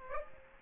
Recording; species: mosquito wingbeat signal from an infrared sensor; Aedes aegypti